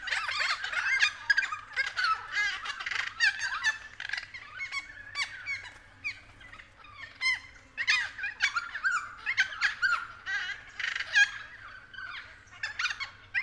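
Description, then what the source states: Friarbirds chorusing with loud, grating cackles in irregular bursts separated by brief quieter gaps. Several friarbirds calling at 6:30 AM.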